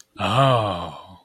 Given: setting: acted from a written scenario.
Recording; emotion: vocal sound without words; realization